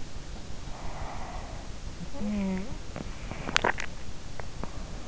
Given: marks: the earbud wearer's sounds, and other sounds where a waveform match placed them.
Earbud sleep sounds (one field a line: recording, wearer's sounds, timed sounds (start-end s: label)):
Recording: sounds in sleep by an in-ear microphone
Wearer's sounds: snoring breath, swallowing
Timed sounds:
2.23-3.36 s: snoring breath
3.36-4.05 s: swallowing